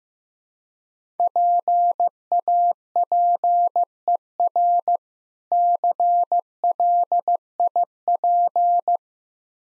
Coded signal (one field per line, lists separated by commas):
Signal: Morse code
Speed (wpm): 15 wpm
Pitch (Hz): 700 Hz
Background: none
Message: PAPER CLIP